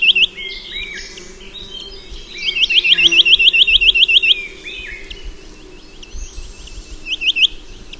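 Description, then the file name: Chinese nuthatch giving quick series of bright, clipped notes, a run of about a dozen in the middle with short bursts at each end. "Mathias Ritschard - Kosmatyj popolzen Sitta villosa"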